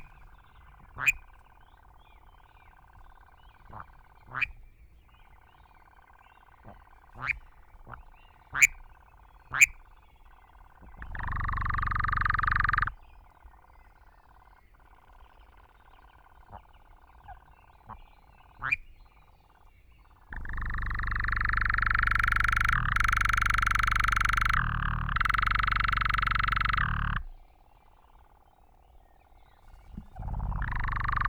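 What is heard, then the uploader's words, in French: A European nightjar churrs: a dry, mechanical buzzing trill that comes in loud bursts around 11–13 seconds, from about 20 to 27 seconds, and again at the end. A fainter, steady churr hums underneath throughout, with sharp clicks scattered through the first ten seconds. La piste aux Espagnols - Drôme - Nagra LB - mkh40 - stéréo. Ce soir il est là, perché sur un pin sylvestre en plein sud . Le sol est couvert de buissons de cytises presque en fleurs. L'oiseau espéré est l'Engoulevent d'Europe (Caprimulgus europaeus) relativement commun mais peu connu car nocturne. Son chant ronronne.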